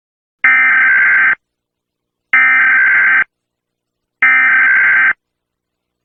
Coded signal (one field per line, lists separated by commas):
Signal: Emergency Alert System (SAME) tones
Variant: header bursts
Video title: Rating Some EAS Alarms (Part 1)